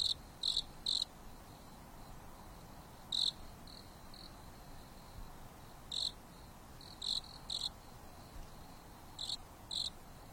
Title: There is a gentle breeze blowing on the top of the mountain under the starry sky, and the insects are singing leisurely.